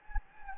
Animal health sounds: mosquito wingbeat signal from an infrared sensor; Anopheles gambiae

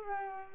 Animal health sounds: mosquito wingbeat signal from an infrared sensor; Culex pipiens

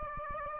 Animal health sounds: mosquito wingbeat signal from an infrared sensor; Aedes aegypti

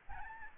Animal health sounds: mosquito wingbeat signal from an infrared sensor; Aedes albopictus

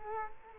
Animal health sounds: mosquito wingbeat signal from an infrared sensor; Culex quinquefasciatus

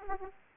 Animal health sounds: mosquito wingbeat signal from an infrared sensor; Aedes aegypti

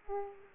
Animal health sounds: mosquito wingbeat signal from an infrared sensor; Aedes aegypti

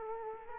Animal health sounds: mosquito wingbeat signal from an infrared sensor; Culex quinquefasciatus

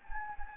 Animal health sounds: mosquito wingbeat signal from an infrared sensor; Anopheles gambiae

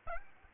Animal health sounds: mosquito wingbeat signal from an infrared sensor; Aedes aegypti

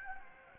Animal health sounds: mosquito wingbeat signal from an infrared sensor; Anopheles gambiae

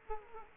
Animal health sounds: mosquito wingbeat signal from an infrared sensor; Culex quinquefasciatus

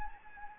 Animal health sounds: mosquito wingbeat signal from an infrared sensor; Anopheles gambiae

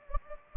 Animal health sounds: mosquito wingbeat signal from an infrared sensor; Anopheles gambiae

